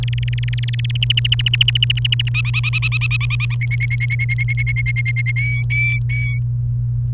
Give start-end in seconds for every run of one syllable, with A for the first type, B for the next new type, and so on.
0.03-0.97 A, 1.02-2.29 B, 2.34-3.55 C, 3.61-5.31 D, 5.36-6.38 E